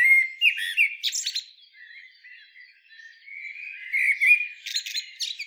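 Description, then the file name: Common blackbird singing a mellow warbled phrase that ends in a scratchy high twitter, then starts another after a quiet gap. "Turdus merula"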